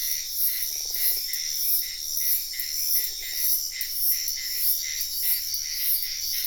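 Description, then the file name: Insect chorus of high, rapid chirps that swell and fade in quick pulses, joined by two brief low trilling frog calls. Wetland at night in Sian Ka'an Biosphere Reserve, with frogs also heard. "felix blume nature ambience wetland night frogs insects bird heron type sian ka an biosphere reserve"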